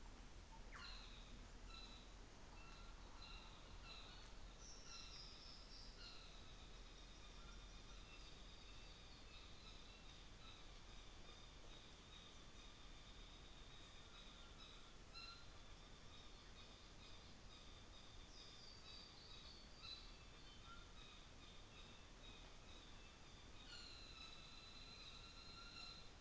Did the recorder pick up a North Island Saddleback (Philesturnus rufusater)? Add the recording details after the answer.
yes. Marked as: faintness 3/5. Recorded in New Zealand on 24 December 2018. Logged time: 17:00